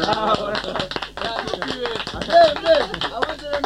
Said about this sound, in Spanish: Che, pero escúchame, Demi Moore en toda la película no saca la bombacha, así que no sé qué aplaudimos.